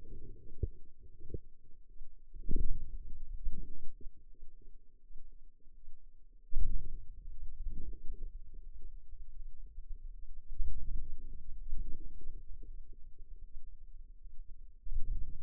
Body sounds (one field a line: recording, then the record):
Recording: forearm muscle sounds (acoustic myography)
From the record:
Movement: hand closing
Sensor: system 2, bracelet of six BSWA MPA416 microphones around the upper forearm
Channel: 1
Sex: female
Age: 23 years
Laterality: right